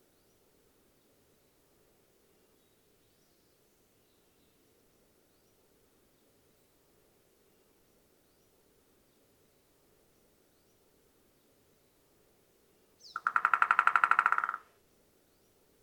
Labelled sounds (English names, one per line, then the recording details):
American Three-toed Woodpecker drumming
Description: American Three-toed Woodpecker drum recorded on the Emerald Lake Trail in Rocky Mountain National Park
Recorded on 29 June 2015